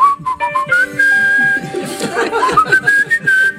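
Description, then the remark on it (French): Someone whistles a bouncy theme tune in clear, high, wavering notes, while soft chuckles and murmured voices run underneath. “Il m'arrive, je vous assure, de me lever la nuit, faire pipi vers 3h du matin et sans même en rendre compte, siffler tout seul face à la cuvette.”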